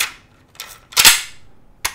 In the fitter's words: and slam it closed so it locks in place